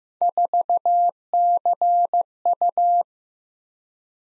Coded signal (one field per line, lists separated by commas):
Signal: Morse code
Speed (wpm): 15 wpm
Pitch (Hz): 700 Hz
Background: none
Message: 4CU